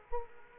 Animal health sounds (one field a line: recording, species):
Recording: mosquito wingbeat signal from an infrared sensor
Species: Culex quinquefasciatus